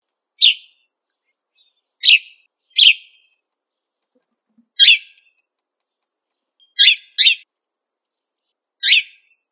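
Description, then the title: Bird giving seven short, sharp high chirps, some in close pairs, spaced irregularly against silence. "LuckyPassaros CompletosSama"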